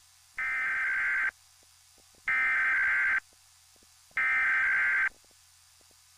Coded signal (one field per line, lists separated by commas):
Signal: Emergency Alert System (SAME) tones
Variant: header bursts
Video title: EAS Mock Scenario: Real-Life Fortnite